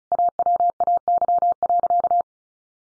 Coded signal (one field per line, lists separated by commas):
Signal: Morse code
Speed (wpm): 34 wpm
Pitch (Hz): 700 Hz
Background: none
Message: AWAY.